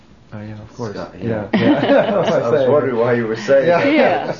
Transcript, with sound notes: Oh, oh, yeah, of course, yeah. ( they laugh )
I was wondering why you were saying that.